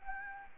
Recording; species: mosquito wingbeat signal from an infrared sensor; Anopheles gambiae